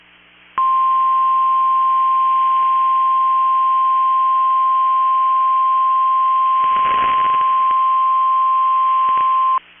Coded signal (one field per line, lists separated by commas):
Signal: Emergency Alert System (SAME) tones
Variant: 1050 Hz attention tone